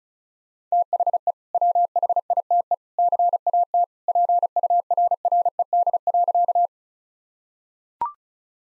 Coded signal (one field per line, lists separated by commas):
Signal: Morse code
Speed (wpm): 35 wpm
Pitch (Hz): 700 Hz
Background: none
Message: THE WHITE CAT PURRED.